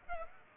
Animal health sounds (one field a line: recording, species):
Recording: mosquito wingbeat signal from an infrared sensor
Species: Aedes aegypti